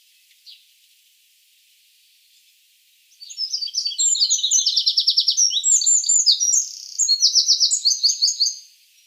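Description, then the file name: Eurasian wren song after a few seconds of near silence: a vigorous, shrill run of ringing notes and buzzy rapid trills that carries on until near the end. "Troglodytes troglodytes"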